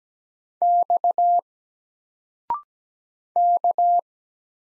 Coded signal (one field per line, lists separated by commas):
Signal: Morse code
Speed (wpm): 17 wpm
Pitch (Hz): 700 Hz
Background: none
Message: X K